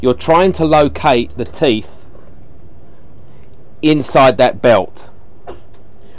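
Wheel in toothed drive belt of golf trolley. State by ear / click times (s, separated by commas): not seated / none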